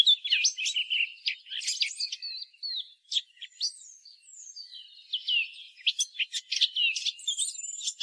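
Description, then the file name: Eurasian blackcap uttering high chattering phrases mixed with clear whistled slurs, in bursts separated by short gaps. "Sylvia atricapilla"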